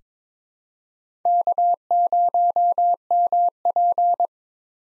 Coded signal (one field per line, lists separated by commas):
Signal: Morse code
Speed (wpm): 22 wpm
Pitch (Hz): 700 Hz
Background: none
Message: K0MP